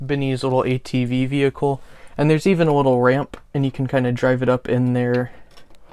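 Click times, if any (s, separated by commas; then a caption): none. Someone talks while a small plastic LEGO ATV toy vehicle is driven up a little ramp into a brick-built spaceship, where it will be pressed down onto a single stud inside that holds it in place. A few faint, brief handling taps come near the end, around 5.6, 5.8 and 5.9 seconds. Nothing has seated or clicked yet.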